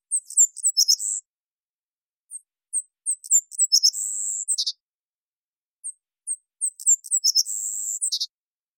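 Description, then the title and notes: Savannah sparrow song: a few thin high chips building into quick stuttered notes, then a long buzzy insect-like trill and a lower final note, heard three times. Washington, Pacific Northwest, United States; perches on a lone field shrub calling out over and over; collected song variants. "Savannah Sparrow Passerculus sandwichensis, collected song variants"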